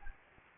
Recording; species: mosquito wingbeat signal from an infrared sensor; Anopheles gambiae